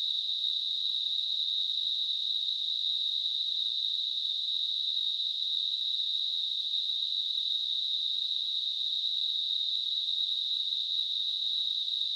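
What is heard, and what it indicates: Simulated tinnitus: a steady, high-pitched narrow band of hissing tone centred near 4 kHz, unchanging in loudness throughout.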